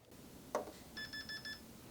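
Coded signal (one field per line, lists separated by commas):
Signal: beep code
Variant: Digitrax command station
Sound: a click or spark, then four quick short electronic beeps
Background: room noise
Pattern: 4 short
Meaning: A short circuit was detected and track power was cut off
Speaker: Four short beeps. Beep beep beep beep. and that indicates that it has detected a short circuit and has cut off power to your track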